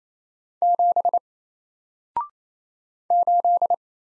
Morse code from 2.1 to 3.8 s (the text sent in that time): 8